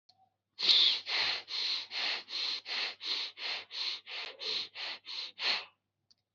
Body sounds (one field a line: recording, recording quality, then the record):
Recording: shallow breathing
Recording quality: excellent, no background noise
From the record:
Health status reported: healthy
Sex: male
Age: 19 years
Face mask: not worn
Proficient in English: yes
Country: India